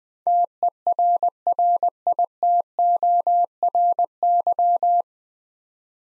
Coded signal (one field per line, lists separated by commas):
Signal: Morse code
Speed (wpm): 20 wpm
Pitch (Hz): 700 Hz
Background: none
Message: TERRITORY